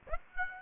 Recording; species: mosquito wingbeat signal from an infrared sensor; Aedes aegypti